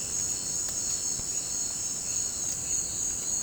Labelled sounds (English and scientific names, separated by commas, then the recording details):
none
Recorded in pastures near Puerto Asís, Putumayo, Colombia, on 30 June 2025 at 18:30
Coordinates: 0.472, -76.331
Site G095